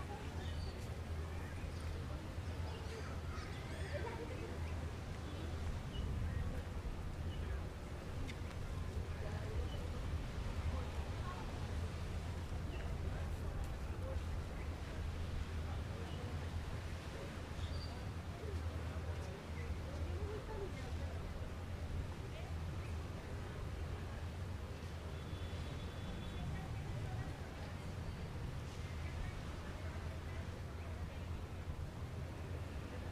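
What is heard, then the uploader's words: Steady beach surf washes under a dense murmur of chatting voices, with a low constant rumble filling the bottom throughout. In this episode we are enjoying a beach day in Playa Del Carmen. It’s a busy day so you will hear sounds of people chatting and enjoying the sun as well as the ocean waves in the back. Spanish Speaking.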